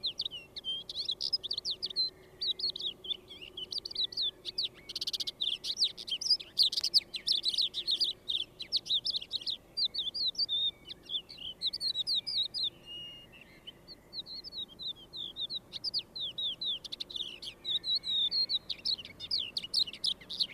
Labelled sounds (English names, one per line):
Crested Lark song